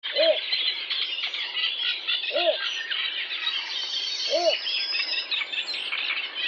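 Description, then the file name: Little bittern calls as three brief, low croaking hoots spaced about two seconds apart, with a busy background of shrill bird chatter. "baczek"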